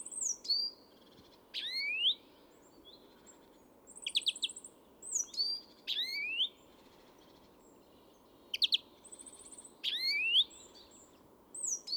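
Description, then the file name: European greenfinch giving repeated upswept twittering calls mixed with short buzzy trills and high chips, irregular over twelve seconds, with a constant low background hum. "Chloris chloris"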